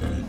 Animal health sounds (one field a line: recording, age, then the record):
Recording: pig call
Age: growing-finishing pig (85 days or more)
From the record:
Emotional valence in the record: positive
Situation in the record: enriched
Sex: female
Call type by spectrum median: low-frequency call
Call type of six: low-frequency stable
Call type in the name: low-frequency stable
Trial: 4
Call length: 0.29 s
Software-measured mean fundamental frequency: 38 Hz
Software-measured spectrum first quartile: 87 Hz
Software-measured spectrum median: 195 Hz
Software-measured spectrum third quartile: 467 Hz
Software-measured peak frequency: 86 Hz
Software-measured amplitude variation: 124 dB a second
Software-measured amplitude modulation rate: 33.0 a second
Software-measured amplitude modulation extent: 3.8 dB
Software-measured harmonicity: -1.2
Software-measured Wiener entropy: -0.77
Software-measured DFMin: 661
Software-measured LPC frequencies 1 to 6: 1564, 3213, 3849, 5048, 5830, 7611 Hz